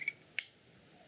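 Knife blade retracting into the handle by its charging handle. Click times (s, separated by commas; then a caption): 0.4 s. On a manual out-the-front knife, the release button is pressed and the metal charging handle is pulled to the rear, retracting the blade into the handle. After a couple of light ticks near 0.1 and 0.2 s, the blade snaps back with a sharp, loud metallic click at 0.4 s and locks into position.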